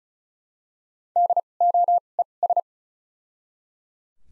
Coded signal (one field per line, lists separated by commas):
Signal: Morse code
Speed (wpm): 36 wpm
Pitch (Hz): 700 Hz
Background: none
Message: DOES